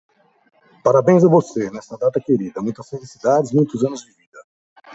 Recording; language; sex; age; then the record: short text; Brazilian Portuguese; male; 30 to 39 years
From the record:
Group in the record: control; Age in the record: 39 years